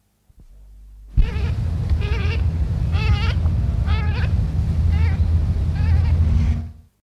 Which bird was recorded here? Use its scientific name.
Spatula querquedula